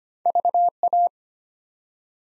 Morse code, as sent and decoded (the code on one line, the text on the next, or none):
...- .-
VA